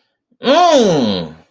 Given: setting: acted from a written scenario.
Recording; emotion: vocal sound without words; disgust